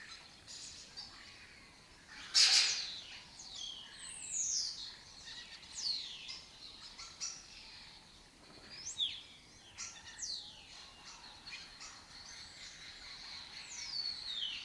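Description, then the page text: Lesser kestrel: high, descending chattering calls, with one loud, harsh burst early on. Breeding colony in an abandoned building complex in Doñana; migratory raptor that forages in West Africa and breeds in southern Europe. "Lesser Kestrels Took Over an Abandoned Building. A migratory raptor wich spends its foraging time in West Africa and breeds in southern Europe. Here in Doñana"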